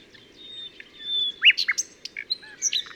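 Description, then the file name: Common nightingale song fragments: varied whistles, short slurred notes and chips in an uneven sequence over a constant low background hum. "Luscinia megarhynchos"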